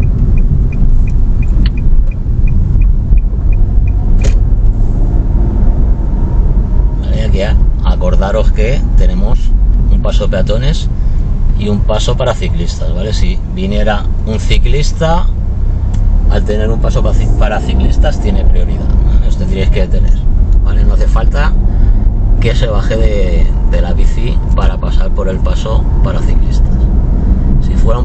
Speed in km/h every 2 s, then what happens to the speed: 22, 22, 31, 29, 23, 8, 6, 7, 16, 20, 26, 30, 29, 34.
2-5 speeds up to 31. 5-13 slows to 6. 13-28 speeds up to 34.